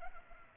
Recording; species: mosquito wingbeat signal from an infrared sensor; Culex pipiens